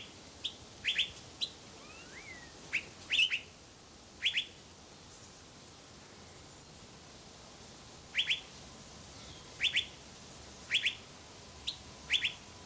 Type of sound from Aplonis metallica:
song